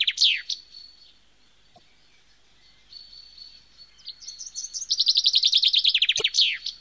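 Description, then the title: Bird singing a few loud sweeping notes, then a long thin whistle, then a fast rattling trill of high chirps, with occasional clicks. Nature sounds of birds. "SONIDOS DE LA NATURALEZA - Pajaros"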